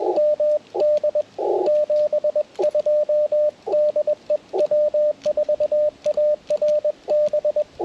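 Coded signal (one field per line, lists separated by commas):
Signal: Morse code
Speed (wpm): 20 wpm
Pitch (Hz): 600 Hz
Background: radio noise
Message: MD 72 DE W4ARB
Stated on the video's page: On-air QRP CW during a park activation, band hopping, with Icom IC-705, PackTenna 9:1 random wire, Elecraft T1 tuner, Begali Traveler paddles.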